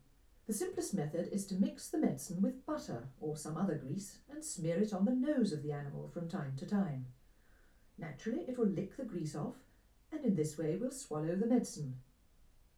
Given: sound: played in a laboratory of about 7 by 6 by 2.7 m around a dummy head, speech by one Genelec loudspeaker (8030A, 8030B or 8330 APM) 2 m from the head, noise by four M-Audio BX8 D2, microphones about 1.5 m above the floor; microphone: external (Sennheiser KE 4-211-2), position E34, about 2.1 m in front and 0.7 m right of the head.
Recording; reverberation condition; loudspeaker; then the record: female speech in English; low; 90 degrees to the right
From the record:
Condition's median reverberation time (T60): about 310 ms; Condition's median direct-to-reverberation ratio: about 3.5 dB